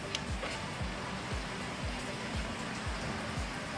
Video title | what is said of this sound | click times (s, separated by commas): how to remove MERCEDES W204 pre facelift front bar + re-install AMG styling | simply clicks back into place like so and | 0.2 s